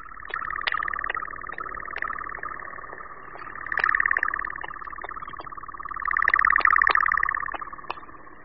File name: Lelek-lesní